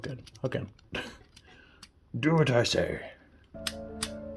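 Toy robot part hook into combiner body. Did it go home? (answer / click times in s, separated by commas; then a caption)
yes / 3.7 s, 4.0 s. Someone talks while working the plastic hook of a toy robot part into the body of a toy combiner, with several faint taps along the way. Over a steady hum, the hook snaps in with sharp clicks at 3.7 s and 4.0 s and seats after several failed tries.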